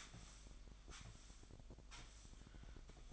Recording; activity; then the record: daily activity, microphone in the room; sweep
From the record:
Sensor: 5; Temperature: 25.1 degrees Celsius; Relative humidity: 39.7%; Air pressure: 1001.7 hPa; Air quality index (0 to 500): 181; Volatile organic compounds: 12 ppm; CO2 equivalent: 2326 ppm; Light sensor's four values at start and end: 27/90/34/36 and 27/92/35/36